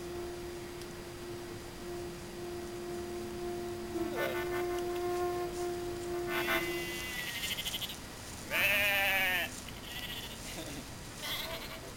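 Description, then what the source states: Sheep bleats, several tremulous calls, the loudest a strong quavering bleat near the end, over background noise and a steady low tone that stops partway through. Recorded during a bike tour in 2017.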